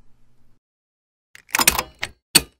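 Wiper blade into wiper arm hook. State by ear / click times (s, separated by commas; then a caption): seated / 2.4 s. A new windshield wiper blade, a plastic clip assembly, is slid fully into the hooked metal end of the wiper arm on a 2007 to 2013 Honda Fit. After faint low hum and a few soft handling noises and scrapes, the blade gives a sharp click at 2.4 seconds as it locks securely onto the arm.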